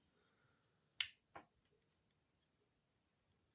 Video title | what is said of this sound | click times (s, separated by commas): The Leatherman Rebar Unboxing and review Is this a good Multitool? | Has a good snap, snaps right into place. | 1.0 s